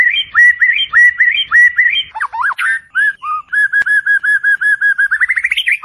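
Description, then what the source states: White-rumped shama singing: repeated whistled slurs, then a brief harsh jumble, followed by a fast run of identical short whistles ending in a rising trill. Masteran training recording of a champion white-rumped shama (murai batu) song, used to tutor other songbirds.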